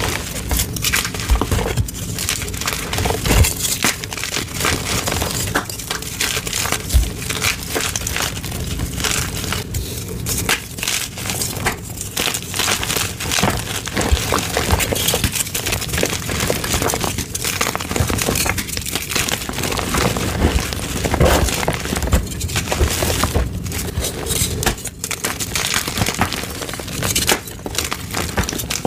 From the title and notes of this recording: Ombré Rainbow Dyed Gym Chalk & Plain Reforms. Rainbow dyed gym chalk crush. Crispy, crunchy, vibrantly colored gym chalk blocks satisfyingly crushed to perfection.